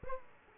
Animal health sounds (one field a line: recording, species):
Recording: mosquito wingbeat signal from an infrared sensor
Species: Aedes aegypti